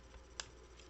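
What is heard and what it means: A crisp, short click at 0.4 s rises well above the low background, the sound of small pins snapping free under pressure. Fainter ticks near 0.8 and 0.9 s are only light handling.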